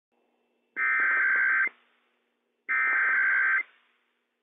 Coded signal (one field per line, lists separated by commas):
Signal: Emergency Alert System (SAME) tones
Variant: header bursts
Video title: Washington State EOC RWT - WWF56 - EAS #123 - 11:00 AM PDT 6/29/21